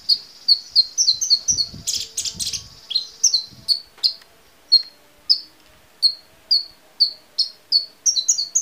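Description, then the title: Small bird chirping: short, sharp, high-pitched notes repeated roughly every half second, with a brief cluster of overlapping notes and faint low rustling near the start. "Burung Kecil"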